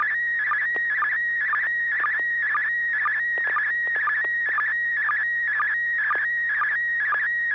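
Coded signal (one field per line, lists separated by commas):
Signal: SSTV (slow-scan television)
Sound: steady high warbling tone, pulsing about twice a second with brief low chirps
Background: radio hiss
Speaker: go ahead bill with your picture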